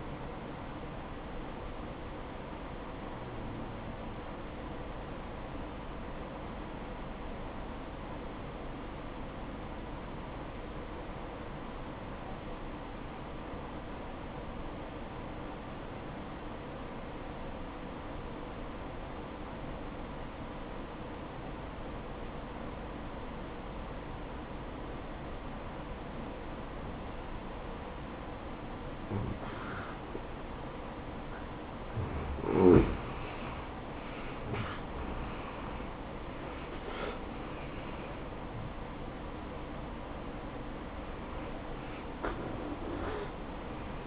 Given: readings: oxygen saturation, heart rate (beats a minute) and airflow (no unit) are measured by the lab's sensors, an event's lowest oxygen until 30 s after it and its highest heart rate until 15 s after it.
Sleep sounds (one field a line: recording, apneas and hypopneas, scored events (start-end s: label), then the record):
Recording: breathing in sleep by a voice recorder at the bedside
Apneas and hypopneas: 1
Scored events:
3.00-32.70 s: obstructive apnea (N2, oxygen 95% highest, then 85% lowest, heart rate 62 at the start, 78 highest)
3.00-44.07 s: new sleep stage, N1 (lightest sleep)
From the record:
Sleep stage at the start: N2 (light sleep)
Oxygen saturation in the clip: 86 to 95%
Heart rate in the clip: 58 to 78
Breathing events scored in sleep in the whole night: 573 in 9.8 hours asleep